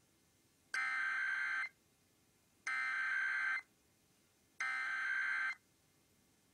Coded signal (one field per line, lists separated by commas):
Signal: Emergency Alert System (SAME) tones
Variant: header bursts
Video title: Iowa Required Monthly Tests (EAS #88 and Live stream EAS)